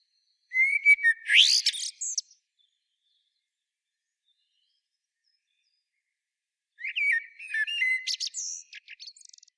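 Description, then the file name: Common blackbird singing two phrases about five seconds apart, each opening with a low whistle and ending in high, shrill twittered flourishes. "Turdus merula"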